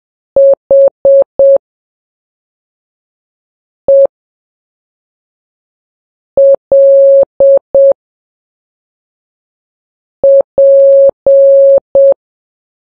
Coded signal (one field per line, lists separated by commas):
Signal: Morse code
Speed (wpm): 7 wpm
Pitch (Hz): 550 Hz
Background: none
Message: HELP